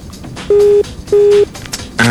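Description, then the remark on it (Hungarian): Two steady, identical mid-pitched telephone beeps, each lasting about a third of a second with a gap between, play over a speakerphone against low background noise, and a third tone begins at the end. “Nem értjük, miért ez a sok dobogó szív, ez a kihangosító telefon. Csak hívták közbe.”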